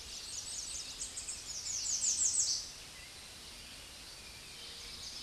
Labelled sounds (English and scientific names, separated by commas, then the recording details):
American Redstart (Setophaga ruticilla) song
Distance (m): 5 m
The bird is about 5 m above the microphone
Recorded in a Pennsylvania forest on 16 May 2024 at 06:07
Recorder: AudioMoth, point MSD-0526
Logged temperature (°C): 16.6 °C
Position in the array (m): 105 m, 231 m